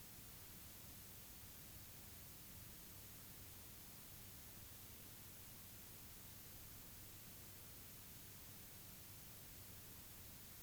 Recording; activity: daily activity, guitar pickup as the sensor; lie down